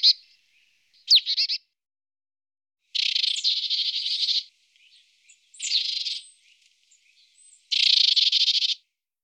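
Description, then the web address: Marsh tit calls: a few sharp high notes, then three long harsh, buzzy bursts separated by short pauses. "IVN Zangvogels. Glanskop"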